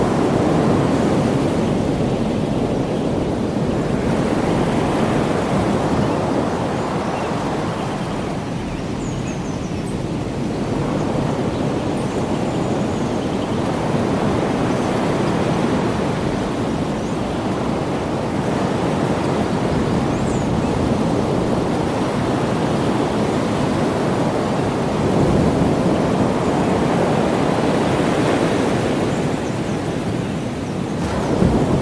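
Ocean surf in Hawaii roars steadily and densely, a deep continuous wash that swells gently every few seconds without distinct breaking crashes.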